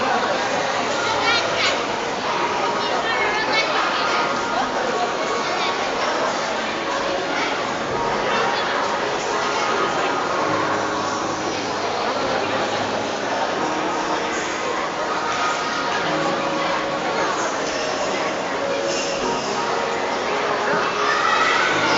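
Dense, steady crowd chatter fills a shopping centre during a soap-bubble workshop, with many overlapping voices, occasional children's shouts and bright clatter.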